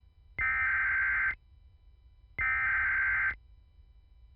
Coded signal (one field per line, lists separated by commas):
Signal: Emergency Alert System (SAME) tones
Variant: header bursts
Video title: EAS Hazardous Materials Warning for Ithaca, MI (9/3/22)